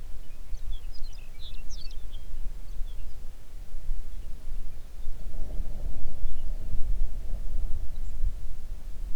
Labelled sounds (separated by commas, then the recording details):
songbird, wind
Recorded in the Arctic National Wildlife Refuge, Alaska, on 3 June 2019 at 04:59
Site 37